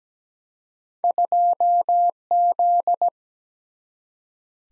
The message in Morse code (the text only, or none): 2Z